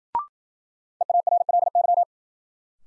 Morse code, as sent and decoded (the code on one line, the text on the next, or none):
. .- .-. .-.. -.--
EARLY